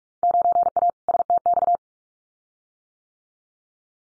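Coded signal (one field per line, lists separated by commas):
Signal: Morse code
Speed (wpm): 46 wpm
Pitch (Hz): 700 Hz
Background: none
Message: 9A STX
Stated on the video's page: Field Day exchange head-copy drill at 45 wpm, randomly selected exchanges, each sent in Morse, spoken, then sent again.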